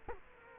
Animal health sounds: mosquito wingbeat signal from an infrared sensor; Culex quinquefasciatus

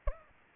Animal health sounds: mosquito wingbeat signal from an infrared sensor; Aedes aegypti

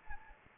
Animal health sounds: mosquito wingbeat signal from an infrared sensor; Anopheles gambiae

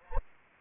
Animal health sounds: mosquito wingbeat signal from an infrared sensor; Anopheles arabiensis

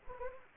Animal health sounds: mosquito wingbeat signal from an infrared sensor; Anopheles gambiae

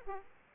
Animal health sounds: mosquito wingbeat signal from an infrared sensor; Aedes aegypti

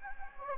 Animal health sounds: mosquito wingbeat signal from an infrared sensor; Anopheles gambiae

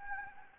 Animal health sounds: mosquito wingbeat signal from an infrared sensor; Anopheles gambiae

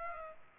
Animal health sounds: mosquito wingbeat signal from an infrared sensor; Culex pipiens

